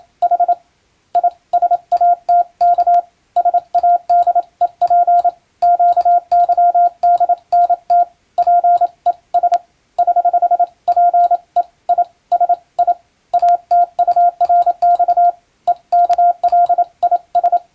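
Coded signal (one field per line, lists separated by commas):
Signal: Morse code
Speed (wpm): 27 wpm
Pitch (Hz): 700 Hz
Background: radio noise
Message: H I SATK SADEP QYDNT PE S <HH> PE I S I ATURX EKLIS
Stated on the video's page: Morse reception practice from a European-language telegram practice book, for radiotelegraph operator and amateur radio training.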